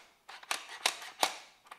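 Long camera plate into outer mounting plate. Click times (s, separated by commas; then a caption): 0.9 s. On a Zhiyun Crane 4 gimbal setup, the long camera plate (plate number two) is slid inside the outer mounting plate (plate number three) until it clicks into place at 0.9 s. Several loud, sharp hits ring out across the clip, with the strongest at 0.5, 0.9 and 1.2 seconds and fainter ones at 0.4 and 1.7 seconds, and the plate ends up seated.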